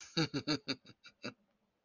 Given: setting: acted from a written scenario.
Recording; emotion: vocal sound without words; pride